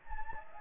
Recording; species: mosquito wingbeat signal from an infrared sensor; Anopheles gambiae